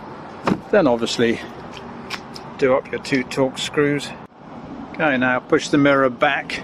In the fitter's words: we go push it in clicks into place